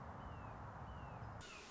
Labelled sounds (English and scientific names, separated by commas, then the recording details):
Red-shouldered Hawk (Buteo lineatus)
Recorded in Sonoma County, California